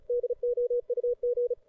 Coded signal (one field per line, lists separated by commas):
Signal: Morse code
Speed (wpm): 36 wpm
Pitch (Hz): 500 Hz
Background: radio noise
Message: DOUG